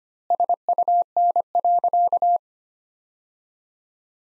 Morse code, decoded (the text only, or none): SUN.